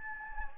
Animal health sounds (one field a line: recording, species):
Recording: mosquito wingbeat signal from an infrared sensor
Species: Anopheles gambiae